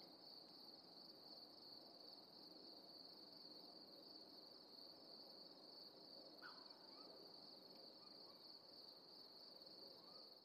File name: Quiet Summer Night Tone With Steady Close Crickets And Other Animal Calls